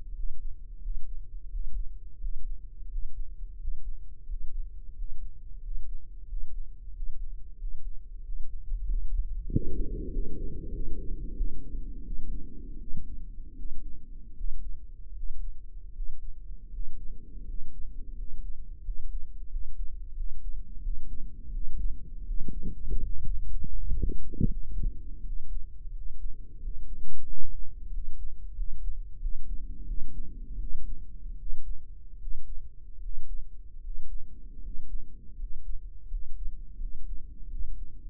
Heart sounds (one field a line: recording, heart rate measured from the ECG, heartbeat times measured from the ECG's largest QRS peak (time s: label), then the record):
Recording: heart sounds by microphone in the right ear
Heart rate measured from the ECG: 85 bpm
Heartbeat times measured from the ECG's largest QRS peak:
0.12 s: heartbeat
0.78 s: heartbeat
1.48 s: heartbeat
2.17 s: heartbeat
2.86 s: heartbeat
3.55 s: heartbeat
4.24 s: heartbeat
4.92 s: heartbeat
5.59 s: heartbeat
6.25 s: heartbeat
6.91 s: heartbeat
7.56 s: heartbeat
8.21 s: heartbeat
8.84 s: heartbeat
9.47 s: heartbeat
10.09 s: heartbeat
10.71 s: heartbeat
11.34 s: heartbeat
12.02 s: heartbeat
12.77 s: heartbeat
13.54 s: heartbeat
14.33 s: heartbeat
15.12 s: heartbeat
15.91 s: heartbeat
16.69 s: heartbeat
17.43 s: heartbeat
18.13 s: heartbeat
18.81 s: heartbeat
19.47 s: heartbeat
20.13 s: heartbeat
20.79 s: heartbeat
21.50 s: heartbeat
22.23 s: heartbeat
22.98 s: heartbeat
23.73 s: heartbeat
24.45 s: heartbeat
25.21 s: heartbeat
25.90 s: heartbeat
26.58 s: heartbeat
27.23 s: heartbeat
27.89 s: heartbeat
28.53 s: heartbeat
29.17 s: heartbeat
29.84 s: heartbeat
30.57 s: heartbeat
31.35 s: heartbeat
32.16 s: heartbeat
32.98 s: heartbeat
33.79 s: heartbeat
34.58 s: heartbeat
35.34 s: heartbeat
36.06 s: heartbeat
36.76 s: heartbeat
37.46 s: heartbeat
From the record:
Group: healthy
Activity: breath hold 0-11 s, rest 11-38 s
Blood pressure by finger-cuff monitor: 94/66 mmHg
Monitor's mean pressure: 74 mmHg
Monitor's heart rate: 86 bpm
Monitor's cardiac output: 7.3 L/min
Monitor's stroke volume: 87 mL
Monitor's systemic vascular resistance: 730 dyn s/cm5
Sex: male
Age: 23 years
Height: 178 cm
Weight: 96.6 kg